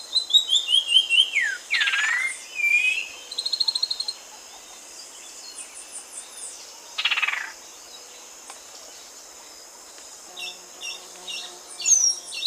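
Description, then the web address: Black-winged saltator singing a run of quick descending whistles mixed with harsher rasping bursts and slurred notes, with a constant high insect drone behind. Ecuador. "Natures Songs S America Birds of Ecuador 713 Black-winged Saltator"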